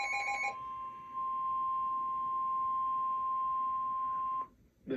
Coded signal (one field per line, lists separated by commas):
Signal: Emergency Alert System (SAME) tones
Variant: 1050 Hz attention tone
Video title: Two Flood Warnings (EAS #471 & 472) Double Header